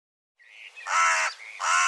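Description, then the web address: Bird calls: a short whistled note, then a harsh raspy caw, another thin whistle and the start of a second caw. "cianscape birddata Deverinetal"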